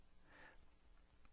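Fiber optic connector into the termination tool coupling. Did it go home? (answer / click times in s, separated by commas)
no / none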